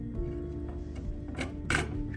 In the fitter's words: go ahead and push down on this end go ahead and push down on the other you hear that click